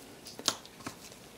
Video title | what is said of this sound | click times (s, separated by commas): Canon 60D Repair Series - Power Switch & Mode Selector Switch Repair | the ball bearing can snap into place then | 0.5 s